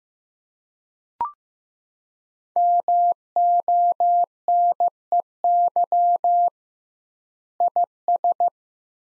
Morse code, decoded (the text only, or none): MONEY IS